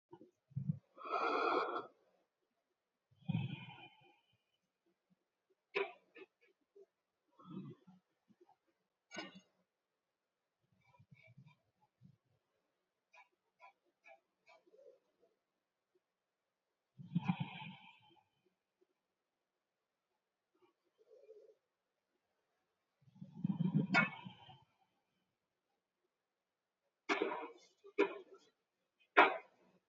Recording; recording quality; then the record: deep breathing; excellent, no background noise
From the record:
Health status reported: healthy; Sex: male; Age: 30 years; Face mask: not worn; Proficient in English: yes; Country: India